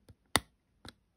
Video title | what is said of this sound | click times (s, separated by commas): How to replace all keycaps on a MacBook Pro A1706, A1707 and A1708 (2016 - 2018) | that clicks into place as well and then your keycap is attached to | 0.4 s